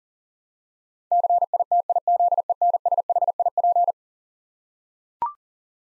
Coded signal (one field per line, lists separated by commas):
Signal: Morse code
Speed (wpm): 40 wpm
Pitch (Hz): 700 Hz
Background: none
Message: CITIZENSHIP